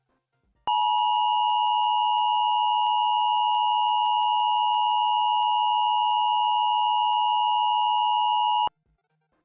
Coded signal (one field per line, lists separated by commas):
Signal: Emergency Alert System (SAME) tones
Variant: 853 and 960 Hz attention tone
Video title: EAS Mock - Scott The Woz